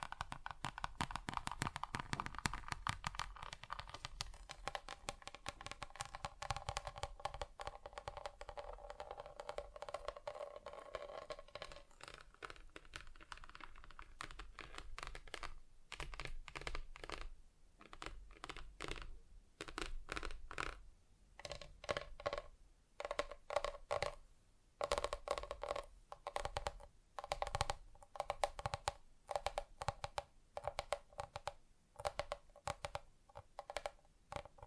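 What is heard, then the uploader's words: Fingers tap on different surfaces with no talking, a dense stream of quick, crisp clicks and knocks like keyboard typing. The first twelve seconds are busier, with a faint ringing tone under the taps; afterward the tapping comes in sparser, irregular bursts with short pauses. ASMR Just Tapping (Different Surfaces No Talking).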